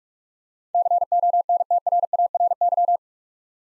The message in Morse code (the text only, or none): CONTRARY